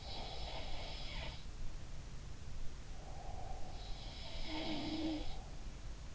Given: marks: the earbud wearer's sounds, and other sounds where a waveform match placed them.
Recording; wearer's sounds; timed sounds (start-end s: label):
sounds in sleep by an in-ear microphone; breath
0.00-1.54 s: sound from someone else or the room
2.83-5.53 s: breath
3.35-5.42 s: sound from someone else or the room